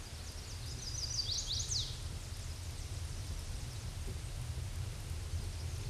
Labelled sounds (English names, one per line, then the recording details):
Chestnut-sided Warbler song
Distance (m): 30 m
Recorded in a Pennsylvania forest on 18 May 2023 at 07:58
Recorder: AudioMoth, point grid1_19_low
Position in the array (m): 132 m, 204 m